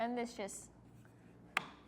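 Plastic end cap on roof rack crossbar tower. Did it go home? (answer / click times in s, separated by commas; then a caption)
yes / 1.6 s. A plastic end cap is pressed onto the end of a Yakima SightLine roof rack tower and crossbar on a 2025 Kia Niro. Someone talks at the start, then a sharp, loud snap at 1.6 s marks the cap popping into place and seating.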